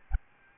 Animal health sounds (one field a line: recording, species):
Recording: mosquito wingbeat signal from an infrared sensor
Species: Aedes albopictus